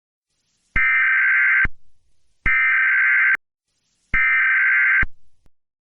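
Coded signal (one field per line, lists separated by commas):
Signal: Emergency Alert System (SAME) tones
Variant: header bursts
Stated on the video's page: Fictional EAS scenario.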